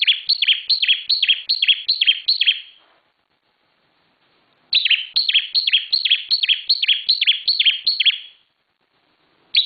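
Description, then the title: Bar-winged prinia song: two long bursts of loud, evenly spaced downslurred chirps, several per second, with silence between them, and a third burst just starting at the end. Song recording made for training cage birds. "Suara Ciblek Semi"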